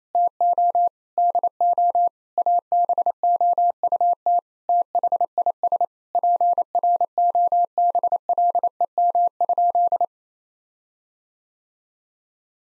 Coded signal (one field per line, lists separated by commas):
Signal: Morse code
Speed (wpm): 28 wpm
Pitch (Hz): 700 Hz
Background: none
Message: TO DO ABOUT THIS PROBLEM?